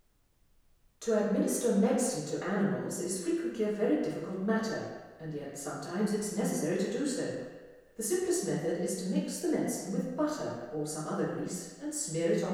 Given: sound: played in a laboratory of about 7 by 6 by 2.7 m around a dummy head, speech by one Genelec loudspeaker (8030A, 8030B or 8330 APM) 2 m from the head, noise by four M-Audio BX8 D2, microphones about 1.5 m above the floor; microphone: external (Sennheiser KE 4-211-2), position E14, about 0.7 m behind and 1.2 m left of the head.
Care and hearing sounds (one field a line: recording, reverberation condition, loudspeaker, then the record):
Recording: female speech in English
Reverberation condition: high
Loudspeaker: 30 degrees to the left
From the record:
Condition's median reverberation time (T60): about 1300 ms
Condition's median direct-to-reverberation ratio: about -4.0 dB